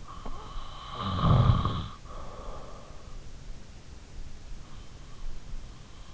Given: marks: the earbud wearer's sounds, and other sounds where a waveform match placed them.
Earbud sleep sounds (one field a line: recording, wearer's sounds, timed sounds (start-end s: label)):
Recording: sounds in sleep by an in-ear microphone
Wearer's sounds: snoring breath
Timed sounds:
0.05-2.96 s: snoring breath